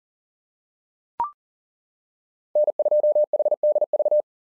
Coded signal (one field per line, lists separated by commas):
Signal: Morse code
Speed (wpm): 39 wpm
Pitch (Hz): 600 Hz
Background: none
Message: N2HDV